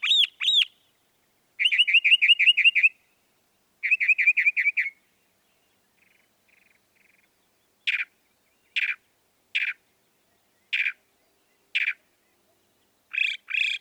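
Northern mockingbird song: varied phrases of trilled repeated notes, faint notes, then sharp single chips spaced about a second apart and a closing burst.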